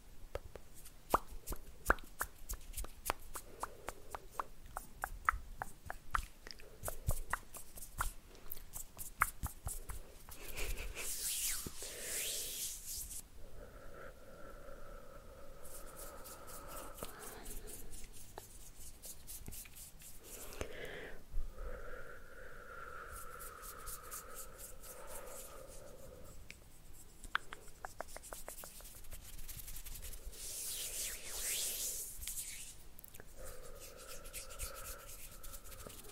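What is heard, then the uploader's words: Quiet hand sounds: rapid dry taps and rubbing clicks dominate the first ten seconds and return near the thirty-second mark. Between them, airy swishes and a soft sustained hum-like tone hold for several seconds at a time. Hand Sounds and Plucking Negative Energy for Sleep Hand Movements, Minimal Talking.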